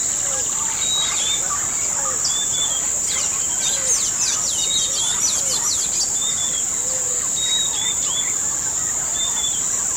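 Bird chorus of chirps and whistles, a flurry of fast trilled notes midway and low slurred whistles repeating, all above a continuous high hiss.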